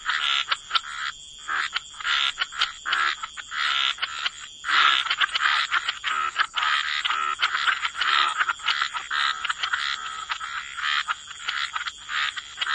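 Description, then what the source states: Many frogs calling together, a mix of clicks, rasping croaks and trills overlapping almost without pause, over a thin steady high hiss. Frog chorus.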